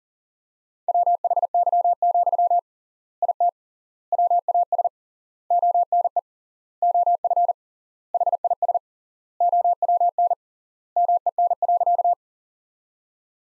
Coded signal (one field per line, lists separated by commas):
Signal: Morse code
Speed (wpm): 37 wpm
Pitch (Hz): 700 Hz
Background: none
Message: WHY, IT WAS ONE OF HIS OWN MEN.